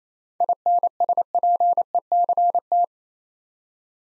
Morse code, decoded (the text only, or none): INSPECT